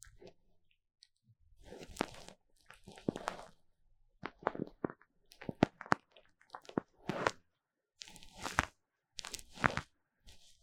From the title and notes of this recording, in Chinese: 3Dio Foam and Tingly Ear Massage for Stress Relief。耳朵泡沫按摩抒壓。NoTalking。